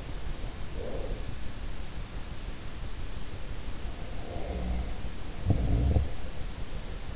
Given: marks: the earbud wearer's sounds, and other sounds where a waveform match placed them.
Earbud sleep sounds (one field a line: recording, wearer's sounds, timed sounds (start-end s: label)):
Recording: sounds in sleep by an in-ear microphone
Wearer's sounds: breath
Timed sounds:
0.51-1.62 s: breath
4.07-4.81 s: breath
4.29-6.33 s: sound from someone else or the room